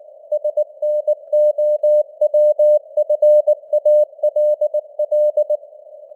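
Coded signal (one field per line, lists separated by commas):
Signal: Morse code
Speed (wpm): 19 wpm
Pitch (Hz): 600 Hz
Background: none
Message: SNOWFALL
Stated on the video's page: Simulated Morse news headlines at 19 wpm with simulated radio noise and varying signal strength (QSB).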